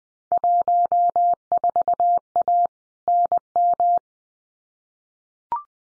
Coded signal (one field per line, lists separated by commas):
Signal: Morse code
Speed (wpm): 19 wpm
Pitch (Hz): 700 Hz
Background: none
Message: 14A NM